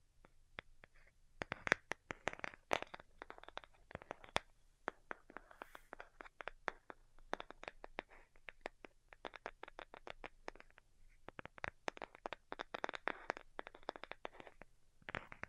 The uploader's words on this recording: ASMR DELICATE Tapping for Sleep (No Talking).